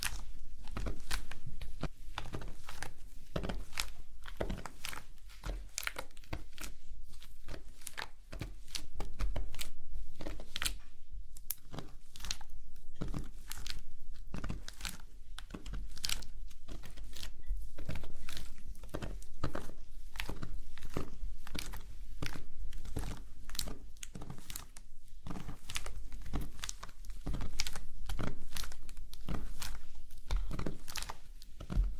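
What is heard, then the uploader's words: Slime being squished and worked, a dense run of sticky clicks, pops and crackles that comes many times a second and never settles into a regular beat. The level holds fairly even for the whole stretch, over a soft low rumble underneath. ASMR SLIME SATISFYING - NO TALKING.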